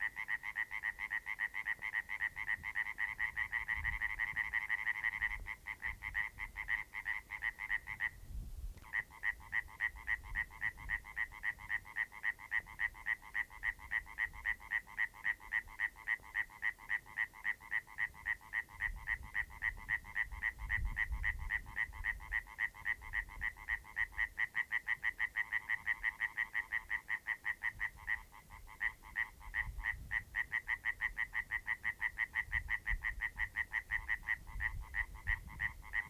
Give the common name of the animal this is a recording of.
Common Tree Frog